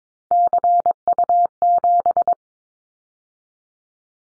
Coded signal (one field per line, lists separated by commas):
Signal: Morse code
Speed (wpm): 22 wpm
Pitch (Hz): 700 Hz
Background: none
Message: CU7